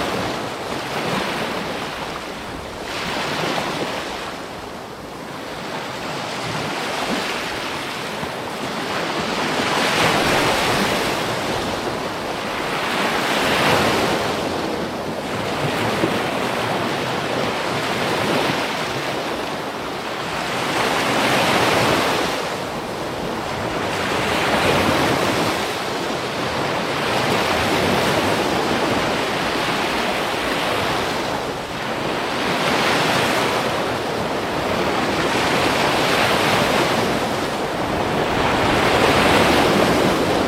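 Waves wash steadily onto a beach at dawn, each surge swelling and fading every few seconds, with wind rushing over the microphone throughout.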